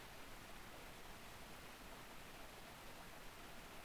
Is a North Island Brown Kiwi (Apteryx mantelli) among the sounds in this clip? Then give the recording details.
no. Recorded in New Zealand on 7 November 2014. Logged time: 22:14. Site CJ68